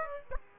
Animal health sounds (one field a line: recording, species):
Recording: mosquito wingbeat signal from an infrared sensor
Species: Aedes aegypti